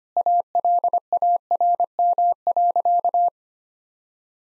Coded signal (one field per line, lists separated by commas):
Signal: Morse code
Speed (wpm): 25 wpm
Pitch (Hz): 700 Hz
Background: none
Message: ALARM.